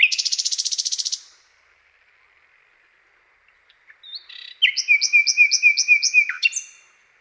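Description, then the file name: Common nightingale song opening with a rapid buzzing rattle, a pause, then a series of clear repeated whistled notes ending in a sharp flourish. "SLOWIKRDZAWY"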